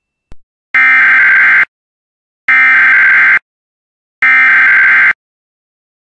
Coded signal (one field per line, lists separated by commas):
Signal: Emergency Alert System (SAME) tones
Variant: header bursts